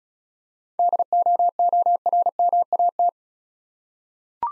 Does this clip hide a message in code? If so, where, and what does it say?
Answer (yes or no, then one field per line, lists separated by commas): yes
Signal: Morse code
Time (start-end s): 0.8-3.1 s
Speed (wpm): 35 wpm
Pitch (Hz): 700 Hz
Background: none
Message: DOORMAT